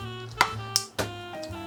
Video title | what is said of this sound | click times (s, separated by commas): Show and Tell - My Latest Favorite Finds and Every Day Carry (EDC) Items this Week -- VLOG | and that really satisfying little click back into place. | 0.4 s, 0.8 s